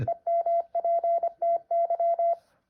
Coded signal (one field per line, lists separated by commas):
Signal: Morse code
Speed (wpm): 26 wpm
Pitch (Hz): 680 Hz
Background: none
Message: EMPTY